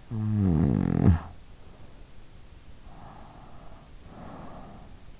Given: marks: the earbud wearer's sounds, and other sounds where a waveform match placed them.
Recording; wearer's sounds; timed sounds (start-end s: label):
sounds in sleep by an in-ear microphone; snoring breath, breath
0.01-1.82 s: snoring breath
2.81-5.00 s: breath